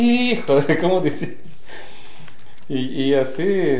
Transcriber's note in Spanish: risas